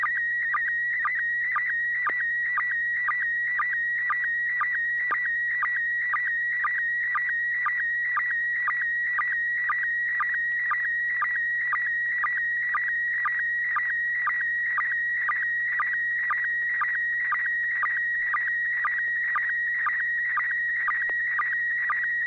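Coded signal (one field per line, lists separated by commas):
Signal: SSTV (slow-scan television)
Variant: PD120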